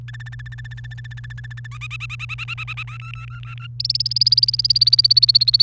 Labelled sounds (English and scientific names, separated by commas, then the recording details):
Domestic Canary (Serinus canaria) song
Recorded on 28 April 2018 at 11:34
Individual llb3